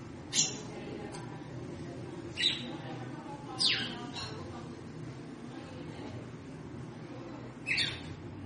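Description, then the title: Red-cowled cardinal calls, short sharp high chirps given singly at irregular intervals, four across the stretch, over a steady low background hum. Female bird, described as 'triculando' and 'batendo fogo', apparently calling to stimulate the male. "Canto Galo Campina Fêmea. Fêmea de GALO DE CAMPINA - TRICULANDO,BATENDO FOGO PRA ESQUENTAR O MACHO??"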